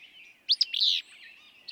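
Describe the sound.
Willow flycatcher giving a single quick, buzzy, slurred phrase over a soft hiss of background birdsong.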